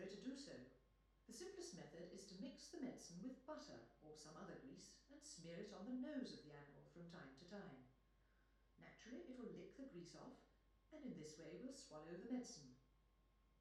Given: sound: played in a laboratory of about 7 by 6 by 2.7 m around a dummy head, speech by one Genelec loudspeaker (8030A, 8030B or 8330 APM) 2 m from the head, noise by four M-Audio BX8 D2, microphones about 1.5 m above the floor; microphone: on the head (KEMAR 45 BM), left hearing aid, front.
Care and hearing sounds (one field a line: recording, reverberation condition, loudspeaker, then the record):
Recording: female speech in English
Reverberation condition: medium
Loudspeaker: 150 degrees to the right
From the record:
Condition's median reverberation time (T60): about 510 ms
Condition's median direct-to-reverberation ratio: about -0.5 dB